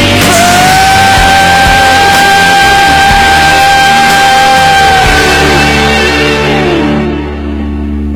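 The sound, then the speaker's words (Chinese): A loud, dense Chinese-language pop ballad played on a Beijing music radio broadcast, with a raw, hoarse vocal straining through long held notes over full band accompaniment, fading slightly toward the end. “就是适合用来嘶吼一下，对不对？很适合用来发泄一下内心的情绪。”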